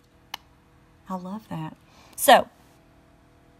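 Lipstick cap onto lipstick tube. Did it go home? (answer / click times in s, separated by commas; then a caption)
yes / 0.3 s. A magnetic lipstick cap is closed onto its lipstick tube and gives a sharp click at 0.3 s as the magnet pulls it home rather than snapping shut, seating the cap. Someone talks afterward.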